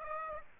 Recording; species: mosquito wingbeat signal from an infrared sensor; Aedes aegypti